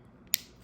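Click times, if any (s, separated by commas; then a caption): 0.3 s. A plastic housing piece is pressed back onto the body of an Oculus Go VR controller during reassembly. A single sharp, bright click sounds at 0.3 s, with only faint soft ticks around it. The shell piece clicks into place and is seated.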